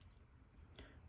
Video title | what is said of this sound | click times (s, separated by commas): The ever popular Casio Tiffany Dial MTP-1302 review | which is there, and the next click, which is there. | 0.0 s